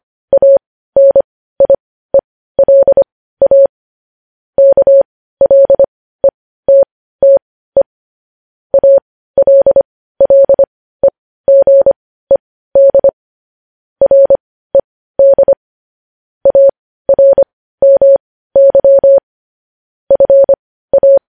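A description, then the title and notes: Morse code tapped out as a single steady tone around 600 Hz, keyed into short dots and longer dashes grouped with brief gaps. The pattern runs continuously for the whole stretch against dead silence, clean with no background noise. Morse code.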